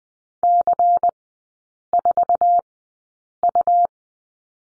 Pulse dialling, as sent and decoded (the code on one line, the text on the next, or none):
none